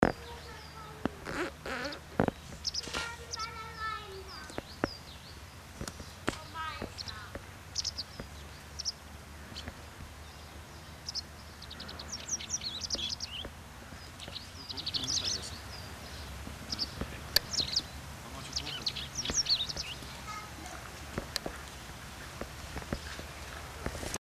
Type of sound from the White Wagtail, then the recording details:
song. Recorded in the wild. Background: Periparus ater, Homo sapiens. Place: Oberstdorf, Bayern, DE. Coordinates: 47.3997, 10.2414. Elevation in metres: 988. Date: 1985-04-04. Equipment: Uher 4000 Report. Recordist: Tretzel, Erwin. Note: vor Seilbahn, Söllereck-Talbahnstation, Oberstdorf: Reviergesang